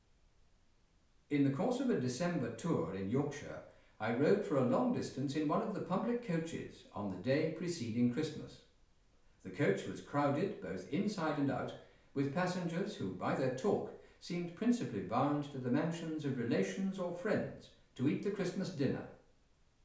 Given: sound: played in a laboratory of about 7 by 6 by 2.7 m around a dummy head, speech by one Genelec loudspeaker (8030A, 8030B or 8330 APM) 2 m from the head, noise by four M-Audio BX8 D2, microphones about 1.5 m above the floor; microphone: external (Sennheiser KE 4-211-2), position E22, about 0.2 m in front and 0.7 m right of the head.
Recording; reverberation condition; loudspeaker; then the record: male speech in English; medium; 120 degrees to the left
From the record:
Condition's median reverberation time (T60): about 510 ms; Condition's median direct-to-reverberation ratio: about -0.5 dB